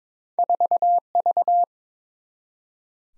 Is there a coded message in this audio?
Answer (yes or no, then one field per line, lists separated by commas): yes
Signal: Morse code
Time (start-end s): 0.4-1.6 s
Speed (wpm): 22 wpm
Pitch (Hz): 700 Hz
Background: none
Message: 4V